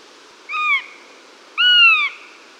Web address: Northern Goshawk